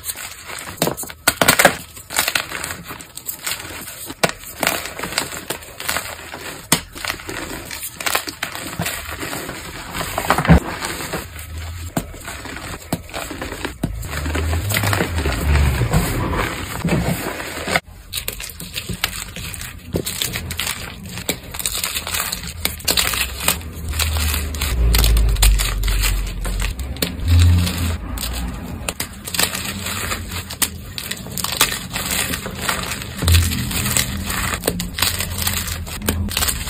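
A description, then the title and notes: Powder snow crunches continuously for the whole clip in dense, irregular bursts of gritty texture with no pauses. From about 14 seconds on, a low rumble swells underneath, loudest around 25 to 30 seconds, while the crunching carries on steadily above it. Powder Crunch.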